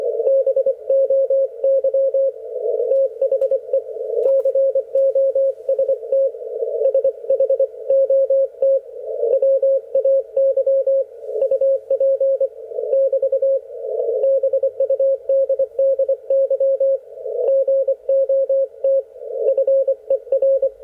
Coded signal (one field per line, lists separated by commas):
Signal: Morse code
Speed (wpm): 25 wpm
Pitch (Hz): 540 Hz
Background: radio noise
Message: BOY THE COST SHOT WAY UP <BT> BUDDY GOT FER